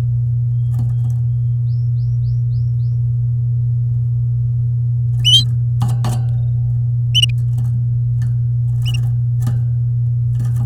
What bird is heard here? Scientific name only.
Serinus canaria